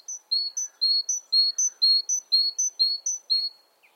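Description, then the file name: Great tit song, a steady run of paired whistles, a sharp high note followed by a lower one, repeated about twice per second throughout. "Parus major"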